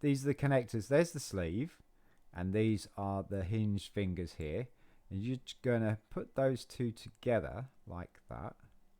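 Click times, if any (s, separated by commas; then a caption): none. Someone talks while holding the plastic hinge fingers of a maxi-figure arm up to the connector sleeve on the shoulder of a 1977 LEGO figure from set 213-1, Airplane Ride, ready to push the two together. The clip ends before the arm goes home, so nothing has seated or clicked yet.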